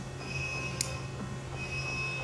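A fog light wiring adapter plug for aftermarket fog lights is pushed into the plastic fog light harness connector of a 2024 Tacoma truck. A single sharp, loud click sounds at 0.8 s over steady background music, and the plug is seated.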